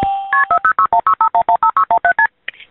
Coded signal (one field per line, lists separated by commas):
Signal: multi-frequency trunk signalling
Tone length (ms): 90 ms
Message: KP406165115617STP